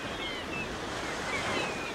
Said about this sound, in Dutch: Het geluid van je jeugd. Ja, de zee. De zee, het strand, de Meeuwen in Noordwijk.